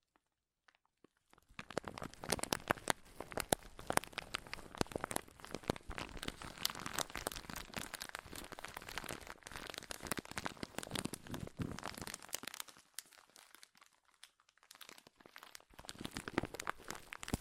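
Crinkling material, dense and busy, with rapid sharp crackles spread from low thumps to bright hiss. It starts near 1.5 seconds, runs almost continuously, thins and briefly pauses around 13 to 14 seconds, then resumes more sparsely toward the end.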